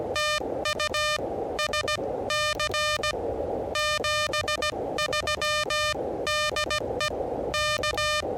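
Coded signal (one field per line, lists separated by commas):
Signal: Morse code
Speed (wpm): 17 wpm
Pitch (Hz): 1210 Hz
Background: music, radio noise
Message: TU SC 73 DE K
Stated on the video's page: 20 m POTA park activation at 16 WPM on an Elecraft KH1.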